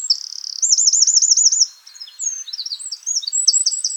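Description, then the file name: Eurasian wren song, a rapid high-pitched run of trills and sharp notes, including a fast rattling trill, with a brief pause mid-phrase before it resumes. "Troglodytes troglodytes"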